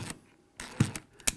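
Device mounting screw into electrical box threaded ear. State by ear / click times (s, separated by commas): seated / 1.3 s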